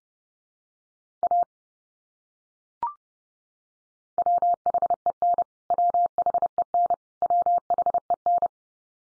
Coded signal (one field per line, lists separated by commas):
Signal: Morse code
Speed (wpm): 30 wpm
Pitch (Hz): 700 Hz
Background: none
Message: A WHEN WHEN WHEN